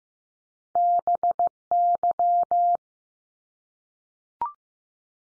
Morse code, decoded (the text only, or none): BY